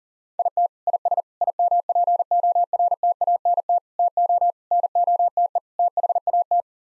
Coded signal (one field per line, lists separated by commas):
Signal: Morse code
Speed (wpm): 40 wpm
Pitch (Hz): 700 Hz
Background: none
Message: IT IS IMPORTANT TO NOTE THAT